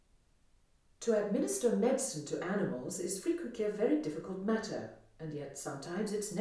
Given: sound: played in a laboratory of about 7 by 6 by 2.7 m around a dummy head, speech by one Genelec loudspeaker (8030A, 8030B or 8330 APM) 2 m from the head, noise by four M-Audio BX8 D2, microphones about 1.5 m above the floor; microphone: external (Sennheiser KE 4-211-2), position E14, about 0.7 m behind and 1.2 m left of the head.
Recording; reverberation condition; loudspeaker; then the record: female speech in English; medium; 30 degrees to the left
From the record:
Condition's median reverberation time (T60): about 510 ms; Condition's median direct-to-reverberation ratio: about -0.5 dB